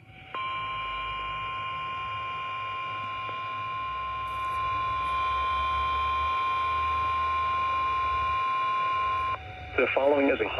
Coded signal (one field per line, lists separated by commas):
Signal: Emergency Alert System (SAME) tones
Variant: 1050 Hz attention tone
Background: speech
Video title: 12/15/20 - High Wind Warning for my county! (EAS #16)